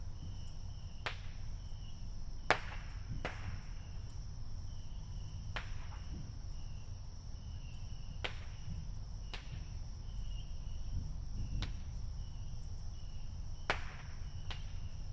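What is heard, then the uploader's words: Fireworks pop and crack every second or two, sharp snaps over a steady low rumble of traffic. Insects keep up a constant high, shrill buzz throughout, with a softer pulsing chirp beneath it. Neighborhood Fireworks, 11:00pm. Sitting on my front porch while some of my neighbors blow shit up on the Fourth of July.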